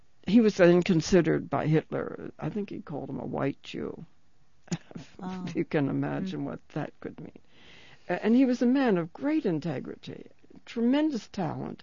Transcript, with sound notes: he was then considered by Hitler. I think he called him a white Jew. ( she laughs ) If you can imagine what that could mean. And he was a man of great integrity, tremendous talent.